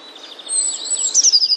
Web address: wroblowe teka modraszkoteka